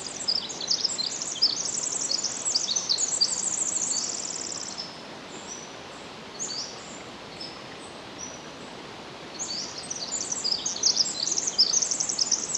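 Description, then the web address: Pacific wren song, two long bursts of rapid, very high tinkling and trilled notes, the first running about five seconds, with a few scattered high notes over background hiss between them. Recorded 10 July 2011 at 06:35. "ear jh-20110710-0635 pacific-wren"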